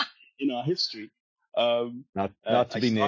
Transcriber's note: laughs